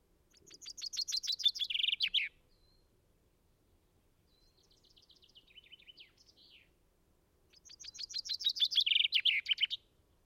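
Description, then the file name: Common chaffinch song: a loud descending trill with flourish, a fainter phrase in the middle, then another full phrase, all clear against a quiet background. "Fringilla coelebs"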